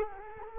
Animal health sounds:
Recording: mosquito wingbeat signal from an infrared sensor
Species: Culex quinquefasciatus

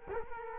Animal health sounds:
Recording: mosquito wingbeat signal from an infrared sensor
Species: Culex quinquefasciatus

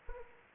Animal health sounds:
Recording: mosquito wingbeat signal from an infrared sensor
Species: Anopheles arabiensis

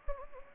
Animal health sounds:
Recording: mosquito wingbeat signal from an infrared sensor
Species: Anopheles gambiae

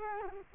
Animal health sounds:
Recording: mosquito wingbeat signal from an infrared sensor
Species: Culex quinquefasciatus

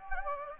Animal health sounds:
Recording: mosquito wingbeat signal from an infrared sensor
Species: Anopheles gambiae

